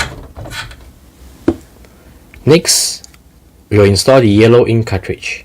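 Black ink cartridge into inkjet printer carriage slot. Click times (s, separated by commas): 1.5 s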